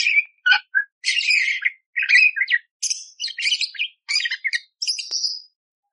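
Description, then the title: Budgerigar song: fast chattering warble of scratchy, buzzy and squeaky notes, ending in a drawn-out high chirp. Lively, clear-singing budgerigar full of rough 'tembakan' bursts, used as a training tutor (masteran) for magpie-robins. "Masteran Burung Parkit Gacor Jernih Durasi Panjang Full Isian Tembakan Kasar Cocok Buat Kacer"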